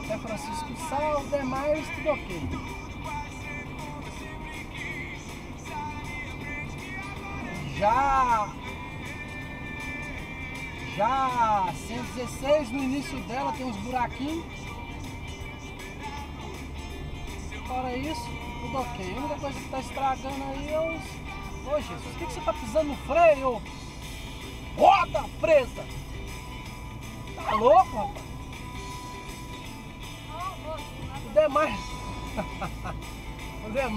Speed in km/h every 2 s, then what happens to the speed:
91, 88, 86, 86, 85, 83, 80, 75, 77, 75, 67, 64, 63, 63, 59, 57, 58.
0-13 slows to 75. 17-23 slows to 63. 23-34 steady at about 59.